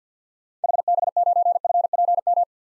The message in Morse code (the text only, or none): HB9FPM